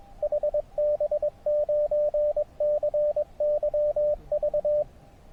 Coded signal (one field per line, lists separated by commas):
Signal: Morse code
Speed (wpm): 24 wpm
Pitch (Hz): 590 Hz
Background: radio noise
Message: HB9CYV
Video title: Hike SOTA Fly Repeat